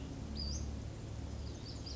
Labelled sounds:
Western Flycatcher (Empidonax difficilis)

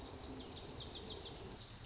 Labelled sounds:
Lazuli Bunting (Passerina amoena)

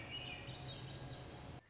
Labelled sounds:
Swainson's Thrush (Catharus ustulatus)

